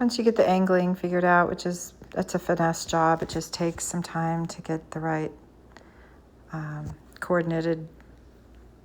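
Someone talks while working the rearview mirror base onto the windshield mount button of a Mini Cooper, after reinforcing its retaining ring to fix a drooping, loose mirror. Apart from a couple of faint ticks near 5.7 s, little else is heard, and nothing has seated or clicked yet.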